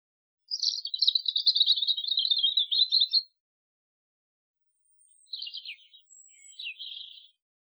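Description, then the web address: Bird singing a long, fast, buzzy trill lasting about three seconds, followed after a pause by two shorter chattering phrases. Isolated birdsong. "Animals Birds Birdsong Isolated"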